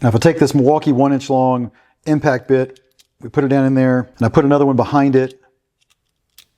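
Someone talks while placing a Milwaukee 1-inch steel impact bit into the ball-lock collet of a Klein Tools ball grip screwdriver and stacking a second 1-inch hex bit behind it. Speech fills most of the clip, followed by a few faint ticks between about 5.9 and 6.4 seconds. Nothing has seated or clicked yet.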